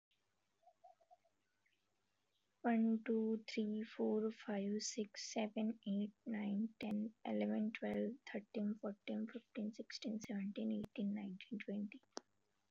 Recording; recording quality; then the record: counting at a normal pace; excellent, no background noise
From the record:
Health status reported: exposed to COVID-19, no respiratory illness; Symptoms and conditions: none ticked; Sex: female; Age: 28 years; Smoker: not ticked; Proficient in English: no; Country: India